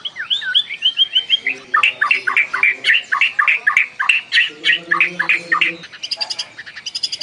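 White-rumped shama song: a fast string of rich, loud notes at about three or four a second, with a low steady humming tone underneath at times and high buzzy notes near the end.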